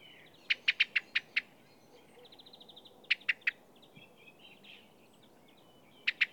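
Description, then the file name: Common blackbird uttering a fast run of six hard chinks, quieter chattering, three more chinks, then a final pair, against faint steady background noise. "Turdus merula"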